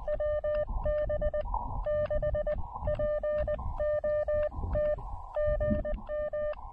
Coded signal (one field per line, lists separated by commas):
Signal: Morse code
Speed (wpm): 19 wpm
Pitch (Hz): 590 Hz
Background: none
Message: WB6POT GM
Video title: Elecraft KX2/AX2 SOTA: Insane QRP DX Using the Smallest, Most Compromised Antenna I Own!